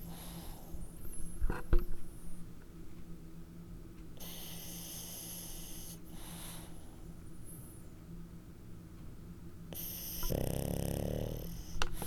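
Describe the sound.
Dog snoring, with a few slow, breathy rasping breaths spread apart and a longer, louder snore near the end over a low steady hum.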